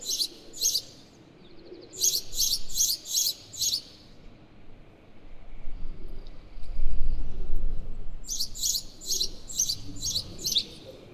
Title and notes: Quartier des Bruyères, 1348 Ottignies-Louvain-la-Neuve, Belgique - Noisy sparrows. Noisy sparrows discuss on a square called Voie de l'Utopie